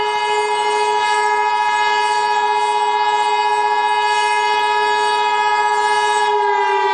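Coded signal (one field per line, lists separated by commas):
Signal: Emergency Alert System (SAME) tones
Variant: 853 and 960 Hz attention tone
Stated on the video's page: Simulated EAS alert tones for a fictional hunter error scenario.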